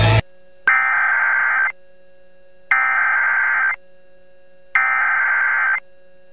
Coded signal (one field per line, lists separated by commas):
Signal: Emergency Alert System (SAME) tones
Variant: header bursts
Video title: EAS Timeline December Midwest Derecho Rips Through Siouxland (Sioux City, IA) NOAA Weather Radio